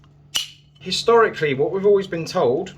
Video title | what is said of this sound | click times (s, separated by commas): Srixon ZX7 MKII Driver WEIGHT CHANGE | So you go in here and you get a nice click. | 0.4 s